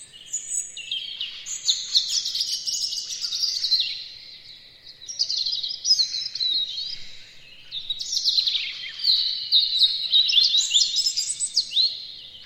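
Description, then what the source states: Robin song in bursts of high, fast warbling and trilled phrases with short pauses between, notes sliding and fluttering in pitch. Chirping.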